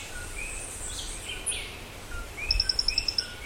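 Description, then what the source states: Bird sounds: soft sweeping notes, then a fast series of about eight sharp, high ticking notes in quick succession, over steady background hiss. Forest.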